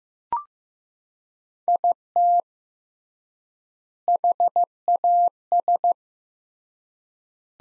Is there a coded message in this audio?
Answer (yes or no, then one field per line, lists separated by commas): yes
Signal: Morse code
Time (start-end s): 1.7-5.9 s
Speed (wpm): 15 wpm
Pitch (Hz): 700 Hz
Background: none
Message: IT HAS